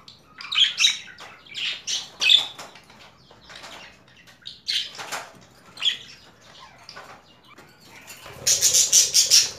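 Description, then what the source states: Budgerigar chirping: irregular high chirps and short warbled notes, closing with a loud burst of buzzy, rapid chatter. Female budgerigar; a mix of different sounds.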